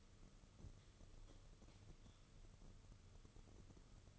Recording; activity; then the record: daily activity, microphone in the room; light off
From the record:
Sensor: 4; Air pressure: 995.2 hPa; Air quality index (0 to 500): 210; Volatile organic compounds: 223 ppm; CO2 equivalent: 4284 ppm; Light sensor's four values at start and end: 7/17/7/8 and 7/17/6/7